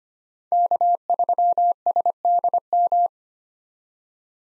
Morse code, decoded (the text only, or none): K3SDM